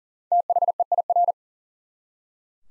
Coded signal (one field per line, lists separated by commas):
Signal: Morse code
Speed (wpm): 40 wpm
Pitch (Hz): 700 Hz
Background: none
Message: THEIR